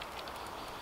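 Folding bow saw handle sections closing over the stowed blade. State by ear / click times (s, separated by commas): not seated / none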